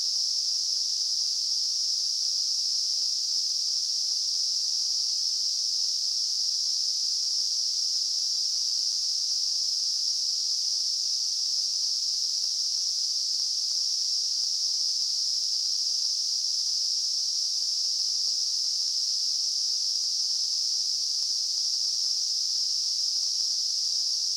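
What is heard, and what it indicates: Simulated tinnitus: a steady, continuous narrow band of hissing noise centered around 5–6 kHz, unchanging in pitch and loudness throughout, with no low-frequency content.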